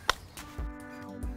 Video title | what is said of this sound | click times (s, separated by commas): How to ride clipless pedals - Cycling Weekly | and then push your weight through the hill until you hear a click | 0.1 s